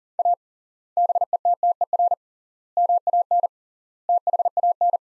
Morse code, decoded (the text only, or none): A BETTER MAN THAN